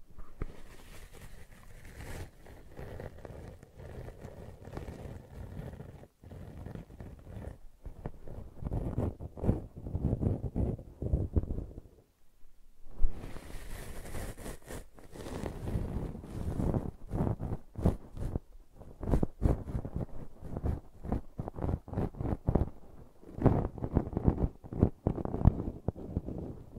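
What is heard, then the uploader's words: Brushing and scratching sounds rasp in dense, irregular strokes, mostly low and gritty with occasional brighter bursts. A brief near-silent gap falls around twelve seconds, then the rubbing resumes with choppier, more separated strokes toward the end. ASMR Brushing and Scratching You to Sleep (No Talking).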